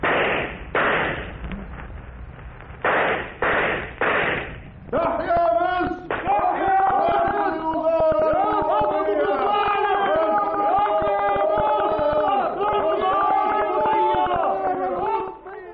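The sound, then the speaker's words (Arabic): A few seconds of loud, rough crowd commotion as a crowd beats officials Nubar Pasha and Mr Wilson in Egypt under Khedive Ismail, bursts of shouting and scuffling noise, give way to steady music with sustained tones that carries on to the end. “الله، كانت علقة تمام قوي اللي كلها نبار وويلسون.”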